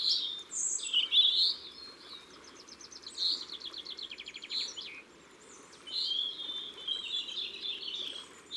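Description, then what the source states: European robin song of varied high warbles with rapid rattling trills in the middle and a long thin sweeping phrase later, over a steady soft background hiss. Ardèche, France.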